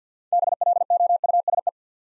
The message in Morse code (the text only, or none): BLOUSE